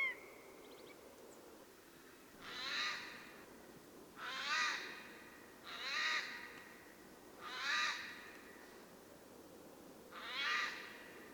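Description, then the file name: Eurasian jay calls: a run of hoarse, scratchy screeches repeated roughly every one and a half to three seconds, five in all, with faint background noise. "Garrulus glandarius"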